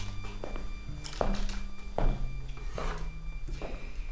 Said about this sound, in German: Sehen Sie, ich ziehe mit meinem Stift einen Strich.